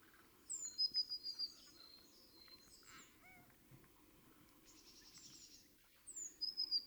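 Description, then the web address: Eurasian blue tit song: brief high thin notes and trills at the start and end, with softer chirps and a rasping sound in between. "SETE data Cyanistes caeruleus"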